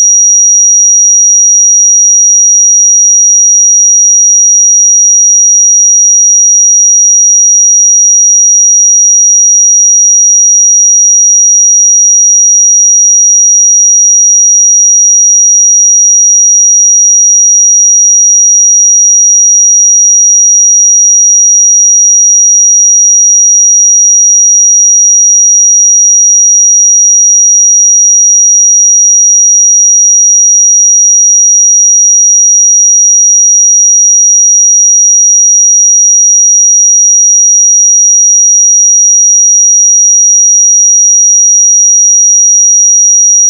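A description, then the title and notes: A pure sine tone at 5748 Hz holds perfectly steady for the full length, a single thin, bright whistle with no wavering in pitch or loudness. Nothing else is present: no background noise, no breaks, just the unchanging high tone. 5748 Hz 1 Hz Interval Sine Pure Tone Frequency 441000 Sample Mono.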